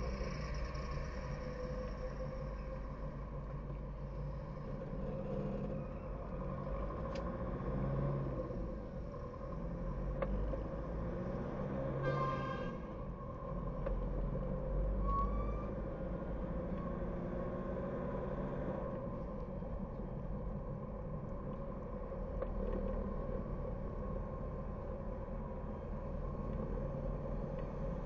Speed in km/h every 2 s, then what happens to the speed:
7, 5, 2, 10, 16, 24, 29, 31, 37, 42, 42, 40, 42, 42.
4-18 pulls away to 42. 18-28 steady at about 42.